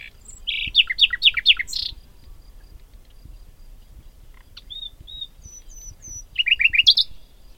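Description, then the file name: Common nightingale singing: a fast run of repeated rich notes, a pause, soft pure whistles, then another quick burst of repeated notes. "Luscinia megarhynchos"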